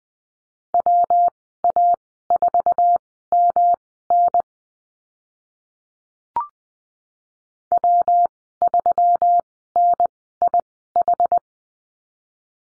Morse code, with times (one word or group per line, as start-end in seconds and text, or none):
0.7-4.4 WA4MN
7.7-11.4 W3NIH